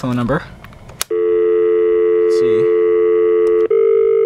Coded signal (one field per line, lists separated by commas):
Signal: telephone call progress tone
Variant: North America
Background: speech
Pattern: dial tone